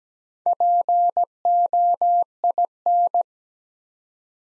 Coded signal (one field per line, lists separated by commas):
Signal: Morse code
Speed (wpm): 17 wpm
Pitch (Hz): 700 Hz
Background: none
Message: POIN